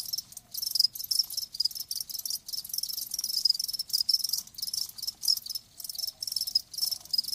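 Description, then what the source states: Cricket chirping in rapid high-pitched bursts, close and regular, continuing without pause throughout. Live crickets chirping.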